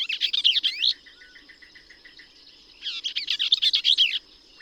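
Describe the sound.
Bell's vireo song: two brisk, buzzy chattering phrases with a gap between, over a persistent high whine.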